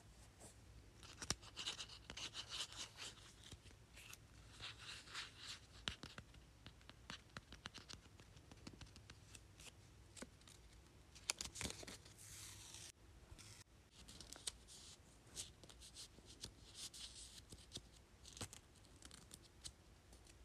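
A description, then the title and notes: Sticky notes are flipped and tapped in a busy, uneven run of short crisp papery clicks and rustles, coming several per second throughout. Brief louder snaps stand out around the first and twelfth seconds, over a faint steady low hum. Flipping and tapping sticky notes.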